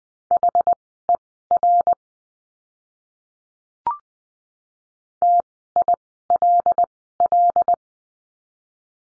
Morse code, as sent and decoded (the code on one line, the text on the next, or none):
.... . .-. / - .. .-.. .-..
HER TILL